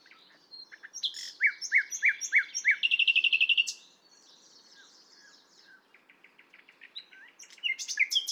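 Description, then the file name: Common nightingale singing: a run of repeated notes, then a fast rattling trill, followed by softer buzzy repeated notes building to a louder phrase. "Luscinia megarhynchos"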